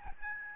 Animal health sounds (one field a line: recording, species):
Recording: mosquito wingbeat signal from an infrared sensor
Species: Aedes albopictus